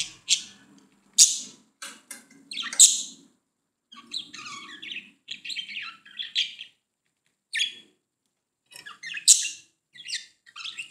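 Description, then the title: Budgerigar calls: sharp high chirps interspersed with soft, scratchy warbling phrases, coming in short bursts separated by brief silences. "Budgie Sounds"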